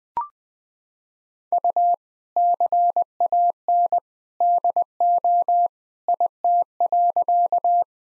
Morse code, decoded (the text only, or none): U CAN DO IT.